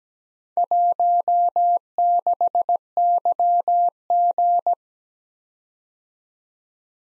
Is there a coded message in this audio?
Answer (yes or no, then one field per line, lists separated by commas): yes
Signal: Morse code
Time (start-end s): 0.6-4.7 s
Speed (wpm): 17 wpm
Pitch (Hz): 700 Hz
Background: none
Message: 16YG